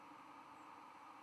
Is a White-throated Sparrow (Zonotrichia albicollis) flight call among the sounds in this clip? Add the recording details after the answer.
yes. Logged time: 01:48 on 11 November 2014